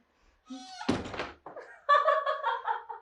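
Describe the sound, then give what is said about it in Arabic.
A living-room door swings shut with a single solid thunk, followed by a short burst of light, high-pitched giggling. “قفلوا الباب عشان يتكلموا على حريتهم.”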